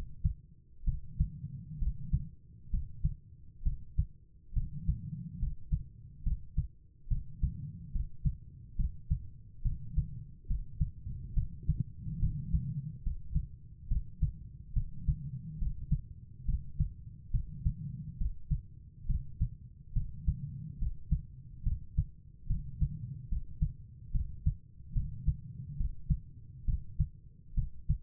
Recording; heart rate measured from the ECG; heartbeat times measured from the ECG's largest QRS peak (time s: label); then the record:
heart sounds by stethoscope; 70 bpm
0.84 s: heartbeat
1.78 s: heartbeat
2.70 s: heartbeat
3.62 s: heartbeat
4.53 s: heartbeat
5.38 s: heartbeat
6.22 s: heartbeat
7.07 s: heartbeat
7.91 s: heartbeat
8.75 s: heartbeat
9.62 s: heartbeat
10.46 s: heartbeat
11.33 s: heartbeat
12.18 s: heartbeat
13.02 s: heartbeat
13.87 s: heartbeat
14.73 s: heartbeat
15.58 s: heartbeat
16.45 s: heartbeat
17.30 s: heartbeat
18.17 s: heartbeat
19.06 s: heartbeat
19.92 s: heartbeat
20.78 s: heartbeat
21.62 s: heartbeat
22.46 s: heartbeat
23.28 s: heartbeat
24.11 s: heartbeat
24.92 s: heartbeat
25.76 s: heartbeat
26.64 s: heartbeat
27.54 s: heartbeat
From the record:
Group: healthy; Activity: rest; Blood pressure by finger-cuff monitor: 97/73 mmHg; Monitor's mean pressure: 81 mmHg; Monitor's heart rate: 69 bpm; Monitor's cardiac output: 4.8 L/min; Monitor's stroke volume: 69 mL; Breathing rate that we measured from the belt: 23 breaths a minute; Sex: female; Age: 32 years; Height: 172 cm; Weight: 71.7 kg